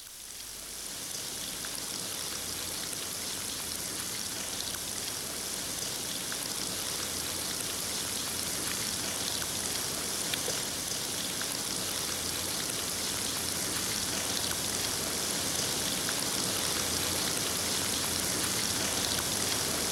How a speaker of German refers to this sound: Aber dann müssen sie hinaus und draußen ist Regen.